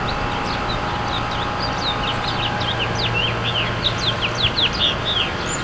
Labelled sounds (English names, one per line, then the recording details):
House Finch song
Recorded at West Islip on Long Island, New York, on 18 May 2013
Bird M